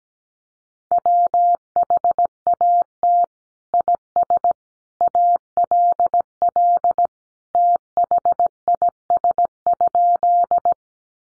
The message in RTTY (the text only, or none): none